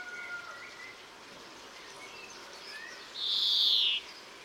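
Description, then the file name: European greenfinch giving one long, nasal, buzzing wheeze near the end, over a constant hiss. "Chloris chloris"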